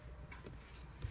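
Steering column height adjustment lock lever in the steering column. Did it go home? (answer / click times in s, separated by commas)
no / none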